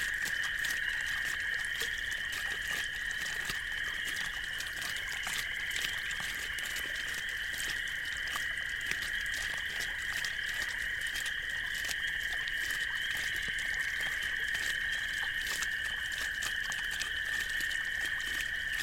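An artesian well bubbles at night, its water flowing steadily with no pauses. A bright, constant gurgling hiss holds level throughout, flecked with quick splashes and crackles. Underneath sits a faint low rumble and a thin higher whine.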